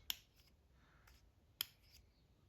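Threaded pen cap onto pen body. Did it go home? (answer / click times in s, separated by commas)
yes / 0.1 s, 1.6 s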